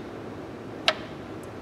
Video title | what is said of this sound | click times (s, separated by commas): Click-n-Lock Review | if you're really quiet you should be able to hear it lock in in just a second right | 0.9 s